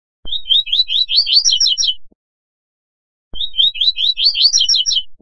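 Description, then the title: Double-collared seedeater delivering two matching phrases of quick, sweet, high-pitched chirps, each lasting nearly two seconds, with about a second of silence between them. "Canto Coleiro"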